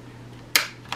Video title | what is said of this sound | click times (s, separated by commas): Husqvarna Chainsaw - Full Rebuild | push it back in we should hear a click here | 0.6 s